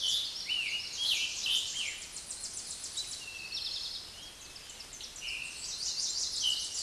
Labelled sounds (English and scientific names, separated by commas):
Eastern Towhee (Pipilo erythrophthalmus) song